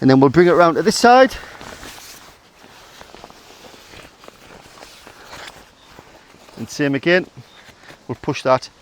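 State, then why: Not seated. An awning support bar's plastic end fitting is handled and brought around to its mounting point on the caravan side, ready to be pushed in. Someone talks, with quiet handling taps and small knocks in between. Nothing has seated or clicked yet.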